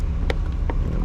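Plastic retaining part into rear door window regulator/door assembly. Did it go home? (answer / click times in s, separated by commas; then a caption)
yes / 0.3 s. A plastic retaining part that had popped out is slid in from the bottom side and pushed into its mount in the rear door window regulator assembly of a 2003 Dodge Dakota during reassembly. It gives a sharp snap at 0.3 s, followed by a softer click at 0.7 s, over a steady low rumble. The part is seated and snapped in place.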